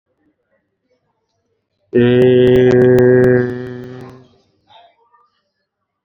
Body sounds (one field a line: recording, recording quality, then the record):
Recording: sustained vowel as in made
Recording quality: excellent, no background noise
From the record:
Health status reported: exposed to COVID-19, no respiratory illness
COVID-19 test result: not tested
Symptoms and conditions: none ticked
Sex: male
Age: 51 years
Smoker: not ticked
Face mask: not worn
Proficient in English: yes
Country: India